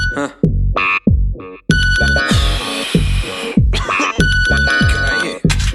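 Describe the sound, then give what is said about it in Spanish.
An alarm clock goes off with a loud, busy electronic ringtone: bright repeating chimes and trilling tones over punchy low beats, cycling in quick bursts for several seconds with no voices. “Pero suena mi despertador y se me acaba el chollo.”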